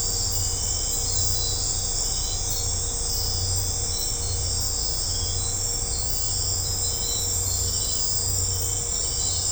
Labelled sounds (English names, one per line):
none